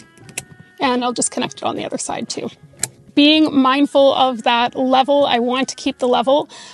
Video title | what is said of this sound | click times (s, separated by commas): Peg Perego Primo Viaggio 4-35 Urban Mobility - Infant Car Seat Tour - 2024 #carseatsafety | you'll know it's in if you hear that really nice audible click | 0.4 s